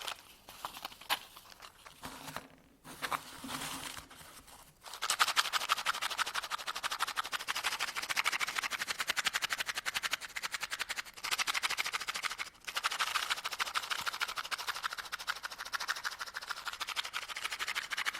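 Something is being shaken, building into a fast, dense rattle of tiny crisp clicks that runs steadily from about five seconds on, with brief breaks near eleven and twelve seconds. The opening is quieter and sparser, with a low hum under scattered rustles.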